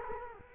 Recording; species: mosquito wingbeat signal from an infrared sensor; Culex quinquefasciatus